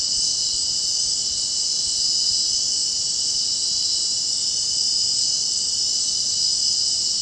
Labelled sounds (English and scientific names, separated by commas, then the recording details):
none
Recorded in dense forest near Puerto Asís, Putumayo, Colombia, on 25 June 2025 at 23:00
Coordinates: 0.499, -76.324
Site G100